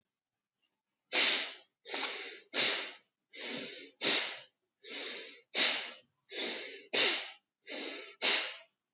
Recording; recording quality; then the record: shallow breathing; excellent, no background noise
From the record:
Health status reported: healthy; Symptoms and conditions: none ticked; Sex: male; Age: 44 years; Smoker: not ticked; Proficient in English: yes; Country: India